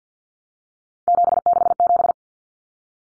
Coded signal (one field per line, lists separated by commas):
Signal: Morse code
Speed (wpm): 50 wpm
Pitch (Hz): 700 Hz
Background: none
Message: 767